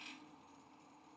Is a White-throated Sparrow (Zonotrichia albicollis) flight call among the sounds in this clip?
no